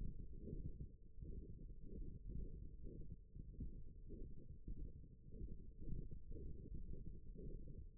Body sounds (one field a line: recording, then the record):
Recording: forearm muscle sounds (acoustic myography)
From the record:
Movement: thumb flexion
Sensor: system 1, eight BSWA MPA416 microphones around the upper forearm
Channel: 7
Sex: male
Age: 23 years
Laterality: right